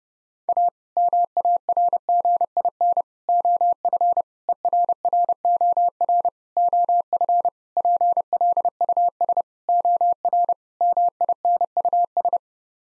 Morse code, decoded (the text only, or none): A MARGIN OF ERROR OF PLUS OR MINUS